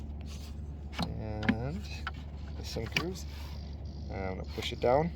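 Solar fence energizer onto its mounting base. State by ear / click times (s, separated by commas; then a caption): not seated / none. A solar fence energizer is shifted over and lined up with the grooves of its mounting base, ready to be pushed down. Only small handling sounds are heard while someone talks, and nothing has snapped into place yet.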